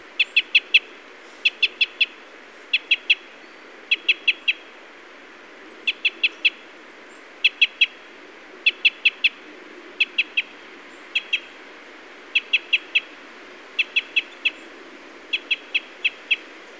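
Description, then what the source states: Red crossbill calls: sharp, clicky notes in tight bursts of a few, repeated steadily throughout, over a quiet background hiss. Type N call type.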